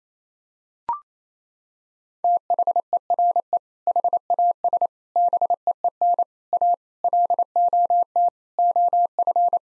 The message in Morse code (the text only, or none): THERE HAS BEEN A LOT OF